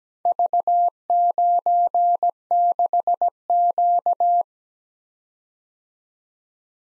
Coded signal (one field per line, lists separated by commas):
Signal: Morse code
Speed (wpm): 17 wpm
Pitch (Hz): 700 Hz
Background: none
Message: V96Q